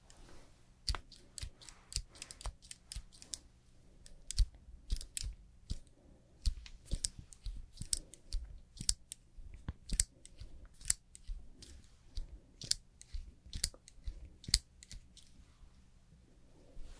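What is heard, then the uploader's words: Makeup and hair styling: sharp clicks, snips and tapping come irregularly throughout, over a low steady hum with soft rustling between. ASMR Doing Your Makeup and Hair Styling for Party(No Talking).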